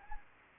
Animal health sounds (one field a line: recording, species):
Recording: mosquito wingbeat signal from an infrared sensor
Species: Anopheles gambiae